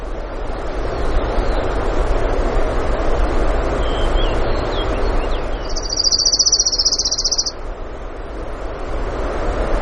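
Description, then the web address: Orange-crowned warbler: faint chirps from another bird, then an Orange-crowned warbler sings a rapid, level, high trill of about two seconds over a steady rushing background. Recorded in Denali, Alaska, on 16 June 2016 in the early morning, at 05:32. "alaska acoustic highlights BIRDS 20160616 053228 Orange-Crowned"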